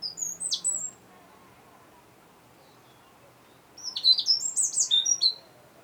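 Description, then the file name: European robin singing two high, thin, twittering phrases, one brief at the start and a longer sparkling one after a pause of about three seconds. "Erithacus rubecula"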